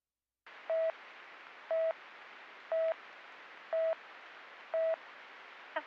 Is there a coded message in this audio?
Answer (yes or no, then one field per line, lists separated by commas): no